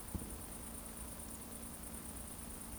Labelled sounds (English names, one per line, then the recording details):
Eurasian Woodcock whistle
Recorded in Baden-Württemberg, Germany, on 25 June 2020 at 20:22 UTC
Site 14569, 102 m above sea level